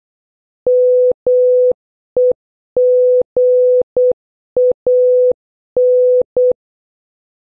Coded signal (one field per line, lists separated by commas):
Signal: Morse code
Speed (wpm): 8 wpm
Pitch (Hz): 500 Hz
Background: none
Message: MEGAN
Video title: 6. Practice Morse Code Words with Sound - A to N (Increasing speed) (Must Watch previous videos)